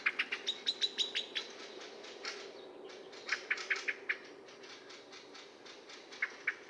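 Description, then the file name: Eurasian blackbird with clicky chink calls in short volleys, a loud run at first, then scattered softer notes with pauses between. "Turdus merula"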